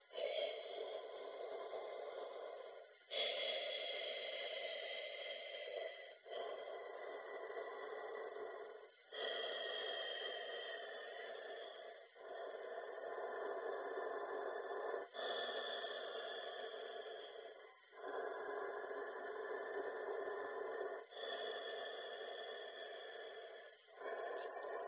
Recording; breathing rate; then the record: paced breathing near a phone; 10 breaths a minute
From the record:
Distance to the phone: 20 cm